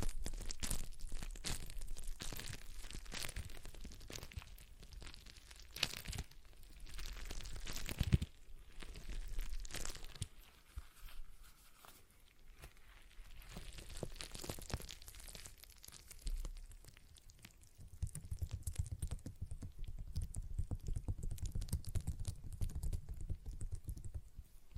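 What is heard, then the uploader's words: A stress ball is squeezed and worked by hand, giving dense crinkling, crunching and tearing-like rustles in uneven bursts. The sound is busiest in the first eight seconds with a sharp snap near eight, thins out in the middle, then returns with a low rumbling churn from about eighteen seconds. ASMR Relaxing Stress Ball Sounds (No Talking).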